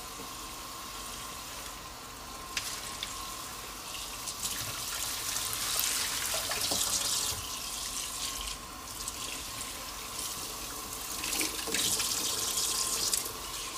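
A large bowl is washed under running tap water, a steady bright hiss of flowing water throughout. It surges louder in bursts as the bowl moves through the stream, with clinks near 2.5, 8.5 and 11.5 seconds and a faint steady tone underneath.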